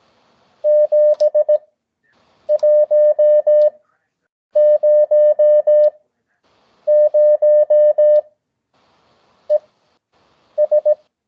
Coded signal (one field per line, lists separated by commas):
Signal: Morse code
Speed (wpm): 18 wpm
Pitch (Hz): 600 Hz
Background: none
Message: 7100 ES